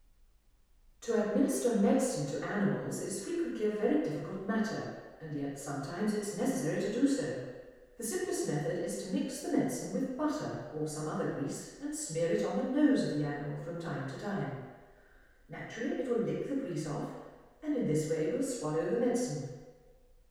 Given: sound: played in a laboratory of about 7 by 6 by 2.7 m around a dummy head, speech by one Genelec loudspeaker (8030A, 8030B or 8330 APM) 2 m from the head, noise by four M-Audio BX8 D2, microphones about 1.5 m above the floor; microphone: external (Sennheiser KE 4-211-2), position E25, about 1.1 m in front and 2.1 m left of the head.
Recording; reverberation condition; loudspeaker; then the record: female speech in English; high; 90 degrees to the right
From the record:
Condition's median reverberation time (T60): about 1300 ms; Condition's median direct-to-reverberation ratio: about -4.0 dB